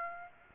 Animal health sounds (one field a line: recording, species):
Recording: mosquito wingbeat signal from an infrared sensor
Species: Aedes aegypti